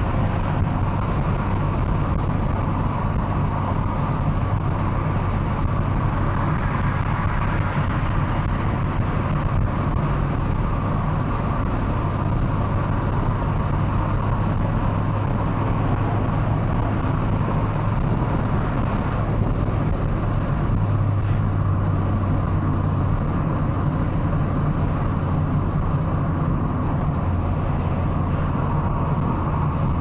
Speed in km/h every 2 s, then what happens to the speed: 107, 111, 110, 112, 112, 112, 115, 119, 122, 120, 114, 106, 105, 100, 95.
0-17 speeds up to 122. 17-30 slows to 95.